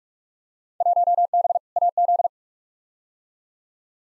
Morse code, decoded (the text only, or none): 1B AZ